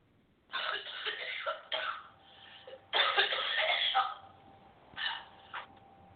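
An adult woman coughs in a run of about four harsh, noisy bursts over six seconds. The first and third are long and drawn out, and the later ones are shorter. It is a repeated, forceful cough heard during an illness, and the coughing fit goes on for about 40 seconds more.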